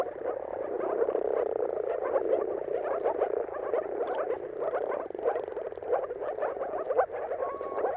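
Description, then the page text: Moor frogs in full chorus: muffled, rapidly pulsed bubbling calls layered thickly, with a few clearer individual notes near the end. Chorus of moor frog mating calls at sunrise, at the turn of March and April, timing depending on the weather. "Jakub-Orzecki moor frogs. Dawn’s Chorus: Mating Calls of Marsh Frogs at Sunrise. Depending on the weather at the turn of March and April, you can witness an amazing spectacle of moor frogs"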